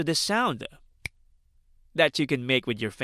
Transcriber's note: finger click